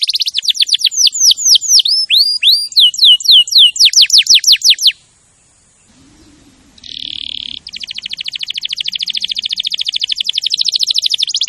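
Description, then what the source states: Canary singing quick series of falling whistled notes for five seconds, a two-second pause, then a brief buzzy burst and a long steady rolling trill. Champion canary song, used for training other canaries.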